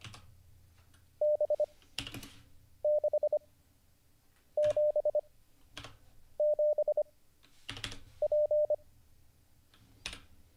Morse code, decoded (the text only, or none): B677P